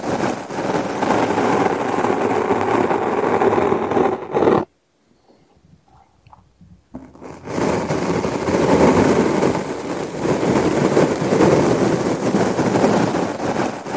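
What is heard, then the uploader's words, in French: A thermal pack filled with blue beads is handled, making a dense, continuous gritty rustle as the beads shift and grind. Around the five-second mark the sound stops for about two seconds, with only faint taps, then the steady churning resumes. Je te relaxe avec une poche thermique remplie de billes bleues ! Sons d'une poche thermique remplie de billes bleues.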